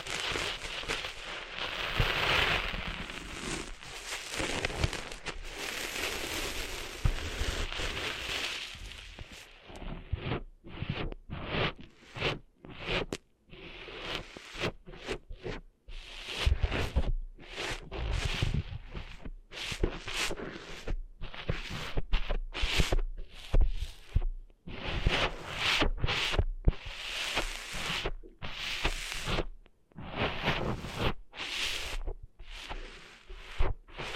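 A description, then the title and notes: Sand being cleaned out of an ear, heard very close: for the first ten seconds a dense, continuous scratchy rustling fills everything. After that it breaks into quick, irregular bursts of crackling scrapes and rubs separated by brief near-silent gaps, continuing to the end. ASMR Cleaning Sand Out of Your Ears (No Talking).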